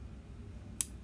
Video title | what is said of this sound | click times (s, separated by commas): PAANO ANG PAG TUNEUP NG REVOLVER? | yun, nag-click. Padalawang click, reset na. | 0.8 s